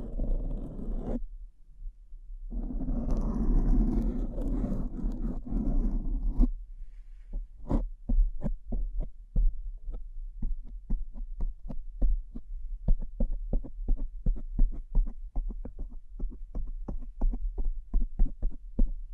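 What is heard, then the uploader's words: Bling bling triggers: a brief dense rustle opens, then after a short pause a longer scratchy, crinkling stretch runs for about four seconds. From around eight seconds on come quick, crisp taps and clicks in a fairly regular stream over a steady low hum. Bling Bling Triggers.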